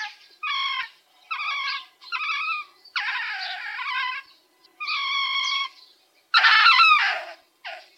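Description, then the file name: Pine marten giving several harmonic, cat-like wailing calls, mostly under a second long, with short silent gaps between; one near the end harsher and louder. "Baummarder Martes martes"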